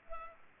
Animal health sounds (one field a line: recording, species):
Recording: mosquito wingbeat signal from an infrared sensor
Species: Culex pipiens